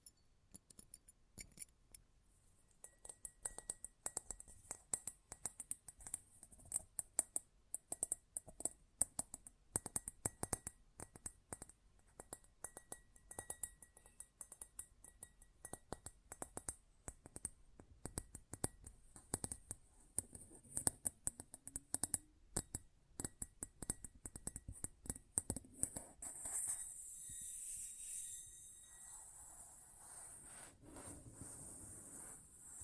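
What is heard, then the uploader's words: Close-up metallic sounds: a busy run of sharp ticks, taps and small clinks, irregular and fairly dense, over a faint steady high tone. From about 26 seconds it gives way to a rougher, continuous bright scraping that carries on to the end. ASMR Close Up Metallic Sounds (No Talking).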